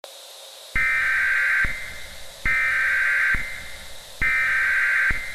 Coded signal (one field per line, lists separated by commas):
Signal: Emergency Alert System (SAME) tones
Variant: header bursts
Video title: Emergency Broadcast System | Unidentified Individual Reported